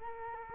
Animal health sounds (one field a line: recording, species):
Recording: mosquito wingbeat signal from an infrared sensor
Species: Culex quinquefasciatus